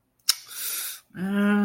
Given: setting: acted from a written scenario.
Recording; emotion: vocal sound without words; anger